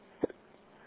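A single abrupt, short burst with a faint catch right after it, followed by quiet room noise: one hiccup from an adult, the sudden spasm of the diaphragm that snaps the vocal cords shut.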